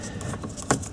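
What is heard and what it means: A Torx screw holding the airbag on the back of the steering wheel of an Audi A4, S4 or RS4 (B6/B7, 2001–2008) is undone until it runs off its thread; it stays captive in the wheel. Light clicks sound at 0.2 s and 0.4 s, and a sharper, louder click comes at 0.7 s as it turns past the end of the thread. The screw is released and has disconnected.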